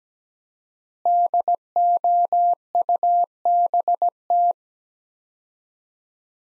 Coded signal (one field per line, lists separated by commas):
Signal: Morse code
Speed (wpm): 17 wpm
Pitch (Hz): 700 Hz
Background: none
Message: DOUBT